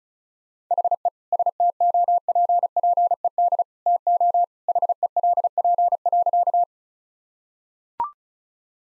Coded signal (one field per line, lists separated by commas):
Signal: Morse code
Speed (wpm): 36 wpm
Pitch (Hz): 700 Hz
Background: none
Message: HE STOPPED TO HELP.